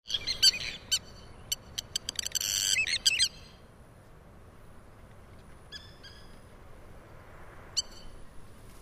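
Spur-winged lapwing calls, a fast burst of sharp, harsh repeated notes for about three seconds, then quieter clipped notes after a pause, over steady background hiss.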